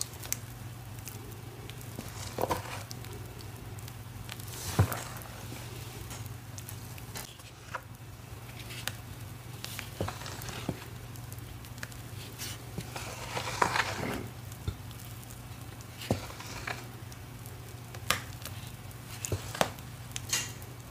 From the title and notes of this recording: Reforming my crispy green cornstarch crunchies. Cornstarch crunchies powder ASMR, including Rolling pin crushes, pebble crushes, sifting, and so much more.